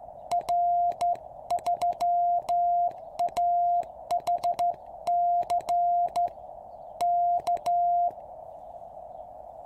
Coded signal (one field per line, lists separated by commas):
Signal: Morse code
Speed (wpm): 13 wpm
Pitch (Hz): 700 Hz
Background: music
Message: R3AHC K